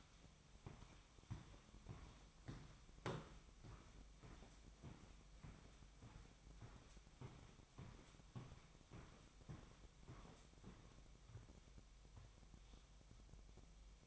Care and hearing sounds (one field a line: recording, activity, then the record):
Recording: daily activity, microphone in the room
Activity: walk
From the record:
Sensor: 1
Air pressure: 1001.6 hPa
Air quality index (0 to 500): 222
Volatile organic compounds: 30 ppm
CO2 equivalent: 2958 ppm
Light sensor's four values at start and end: 9/31/11/12 and 8/31/11/12